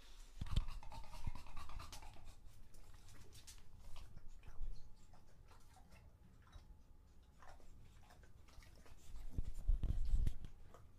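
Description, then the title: English Bulldog breathing heavily with snorty, rasping breaths and soft wet mouth sounds, swelling louder near the end. English Bulldog drinking water from a bowl after a long walk, heavy breathing between drinks, out of breath from the walk and from drinking so long. "English Bulldog Drinks from Water Bowl - Weird Sounds"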